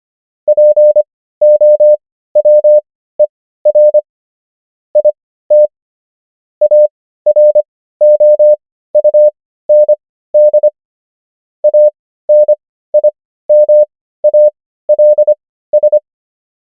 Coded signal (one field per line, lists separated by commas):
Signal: Morse code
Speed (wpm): 25 wpm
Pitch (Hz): 600 Hz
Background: none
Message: POWER IT AROUND ANIMALS